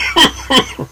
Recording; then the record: coughing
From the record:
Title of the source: Dry Coughing Fit in the Afternoon.